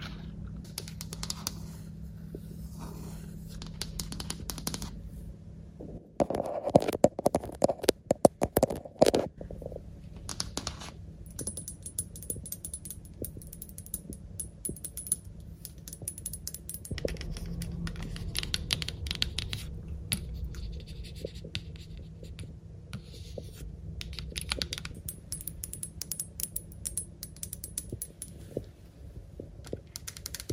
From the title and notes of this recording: ASMR Hotel Room Tour ~ Lens Tapping & Scratching in Berlin.